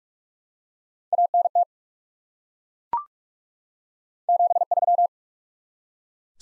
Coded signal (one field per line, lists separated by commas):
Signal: Morse code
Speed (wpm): 43 wpm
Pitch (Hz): 700 Hz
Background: none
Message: ANT 73